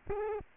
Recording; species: mosquito wingbeat signal from an infrared sensor; Culex pipiens